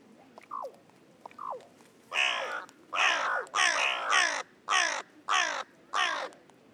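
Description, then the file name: Carrion crow caws: two brief downward-sliding notes, then a run of seven loud, hoarse, grating caws, some close together, spaced under a second apart. "Corvus corone"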